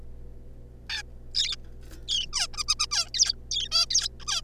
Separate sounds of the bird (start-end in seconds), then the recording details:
0.90-1.02, 1.35-1.56, 2.08-2.26, 2.33-2.47, 2.54-2.63, 2.68-2.74, 2.79-2.86, 2.92-3.08, 3.14-3.35, 3.51-3.68, 3.72-3.86, 3.90-4.08, 4.20-4.25, 4.27-4.41. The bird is a juvenile. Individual R3549